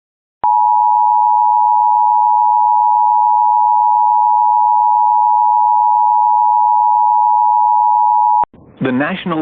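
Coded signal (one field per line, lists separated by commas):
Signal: Emergency Alert System (SAME) tones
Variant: 853 and 960 Hz attention tone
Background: speech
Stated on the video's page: Tornado drill EAS tones.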